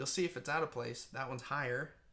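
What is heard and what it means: A man talks throughout while handling a trumpet piston valve that has just been oiled and is going back into its valve casing. The valve is meant to be dropped straight down and twisted until its guide locks in place, but nothing has seated or clicked yet in this clip.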